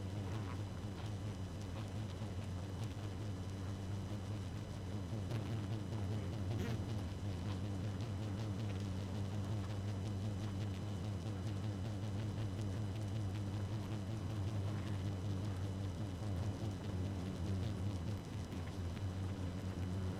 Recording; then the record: honeybee colony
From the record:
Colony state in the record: active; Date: 12 June 2018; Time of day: 0:49